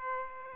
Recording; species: mosquito wingbeat signal from an infrared sensor; Aedes aegypti